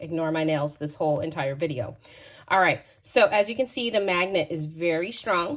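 A woman talks while handling a leather wallet with a strong magnetic clasp. The clip ends before the clasp is closed, so nothing has seated or clicked yet.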